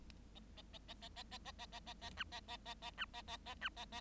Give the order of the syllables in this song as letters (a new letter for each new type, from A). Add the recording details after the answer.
A A A A A A A A A A A A B A A A A B A A A B A A. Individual Bird7